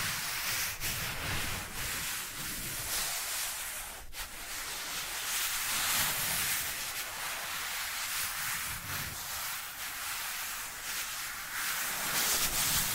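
Dry hands rub together in a continuous, dense, papery hiss that stays bright and fairly even throughout, swelling and easing slightly. Soft low thuds surface every few seconds, and the rubbing breaks for a brief catch around the four-second mark.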